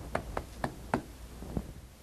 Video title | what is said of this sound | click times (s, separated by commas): Dash-Mat Car Mount-Review | arm locks into place at five different points in a front to back Direction | 0.2 s, 0.4 s, 0.6 s, 0.9 s